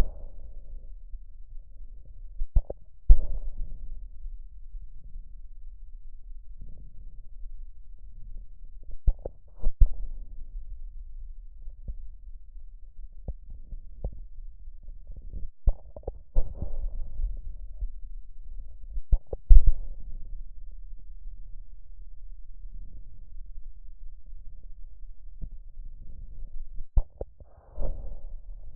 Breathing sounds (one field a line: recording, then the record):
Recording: lung sounds by stethoscope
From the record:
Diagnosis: emphysema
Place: left posterior upper chest